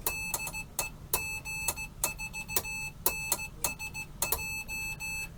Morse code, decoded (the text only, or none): DE G4NSJ